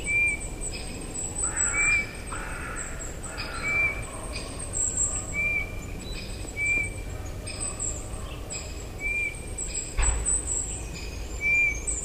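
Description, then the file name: Eurasian bullfinch giving soft, short whistled piping notes, repeated every second or two, over continuous high-pitched background noise. "Pyrrhula pyrrhula"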